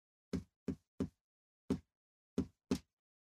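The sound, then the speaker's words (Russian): Six sharp, hollow knocks tapped out in Morse code from the Destiny module: three quick even raps, a pause, a single knock, then a final pair, with silence between. “И тут из модуля Destiny донесся стук. Ритмичный, методичный.”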